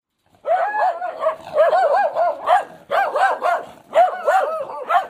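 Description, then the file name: Hound baying in a series of wavering, bell-like yelping bursts with short gaps between them. "foul hounds"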